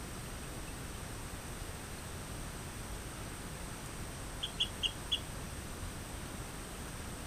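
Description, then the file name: Rio Grande chirping frog making four short, high-pitched chirps in quick succession a little past midway, with steady hiss behind. "Eleutherodactylus cystignathoides"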